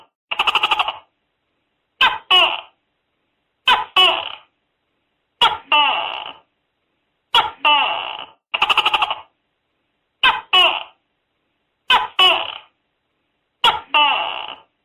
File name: tieng tac ke keu trong nha tac ke keu trong dem